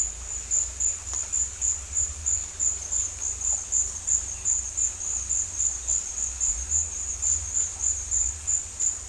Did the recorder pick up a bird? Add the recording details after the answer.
no. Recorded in dense forest near Puerto Asís, Putumayo, Colombia, on 20 December 2024 at 15:30. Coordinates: 0.467, -76.328. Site GP05